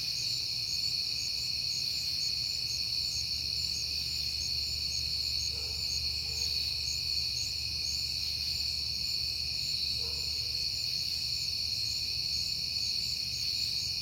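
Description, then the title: Crickets chorus continuously in high, even tones, joined by two brief faint mid-pitched sounds, over a low background hum. Recorded at night in September on a peaceful night; the recordist had been hearing crickets a lot that month. "Night Time: Crickets and Passing Cars"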